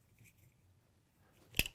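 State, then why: Seated. A bolt holding an Axcel fixed 5-pin bow sight to the Mathews Bridge-Lock bridge mount on a bow riser is tightened. Faint low rustling and light metallic ticks lead up to a sharp hit at 1.6 s, followed by a quieter tick at 1.7 s. The sight is then firm and locked in place.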